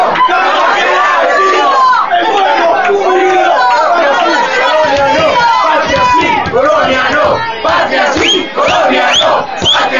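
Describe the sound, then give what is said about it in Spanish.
A large crowd of people cheers, applauds and shouts loudly and continuously at a president's address, many voices overlapping in a dense, excited roar that holds steady throughout, with occasional louder rising yells. “El pueblo ahí aplaudía y vivaba, aunque no estaban muy convencidos.”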